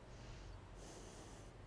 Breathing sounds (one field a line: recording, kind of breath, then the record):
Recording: one breath in and out by a microphone near the nose and mouth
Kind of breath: normal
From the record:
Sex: female